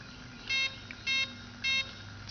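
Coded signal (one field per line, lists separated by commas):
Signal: beep code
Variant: Align ESC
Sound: three short evenly spaced electronic beeps over a low hum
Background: low hum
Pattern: 3 short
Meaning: Item 4 is set to the high-stick option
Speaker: if you programmed it on high stick it's gonna give you three beeps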